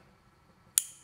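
The second quick-connect fuel fitting is pushed into the other port of a Fuel-It! Bluetooth flex-fuel sensor for a 2018+ Audi S4 B9. After a quiet stretch, a single sharp, bright click sounds at 0.8 s and fades quickly. The fitting is seated and locked in.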